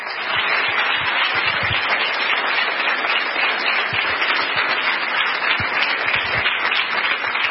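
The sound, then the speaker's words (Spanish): An audience at a church service applauds for the Lord, a dense, loud wash of many hands clapping that holds at an even level for several seconds without any voices rising above it. “Ahora dele aplauso al Señor, corran.”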